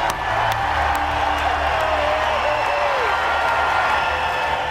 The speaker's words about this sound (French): Le 20 mai à Louisville, Trump est accueilli en héros par une foule en délire, alors que la NRA vient de le désigner comme son candidat.